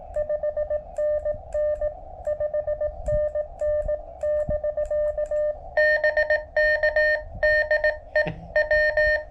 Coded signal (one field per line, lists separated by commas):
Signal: Morse code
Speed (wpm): 18 wpm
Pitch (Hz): 590 Hz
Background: none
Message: 5NN 5NN <BK> BK DE W